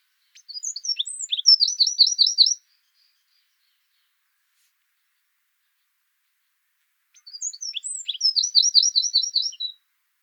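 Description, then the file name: Eurasian wren song: two short bursts of tumbling high notes ending in quick rattling trills, separated by about five seconds of silence. "Troglodytes troglodytes"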